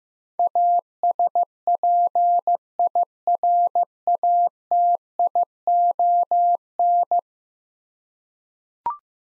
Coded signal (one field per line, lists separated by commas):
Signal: Morse code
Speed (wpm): 15 wpm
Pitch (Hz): 700 Hz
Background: none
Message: ASPIRATION